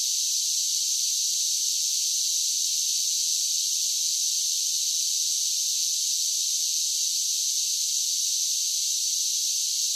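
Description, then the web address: Cicada song as a continuous shrill, hiss-like drone, even and unvarying throughout, with nothing else audible. "Blast Wave Update 1 Cicadas Sing"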